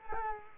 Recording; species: mosquito wingbeat signal from an infrared sensor; Culex quinquefasciatus